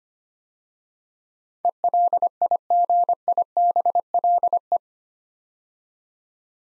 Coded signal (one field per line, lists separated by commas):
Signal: Morse code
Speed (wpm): 25 wpm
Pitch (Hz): 700 Hz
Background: none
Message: ELIGIBLE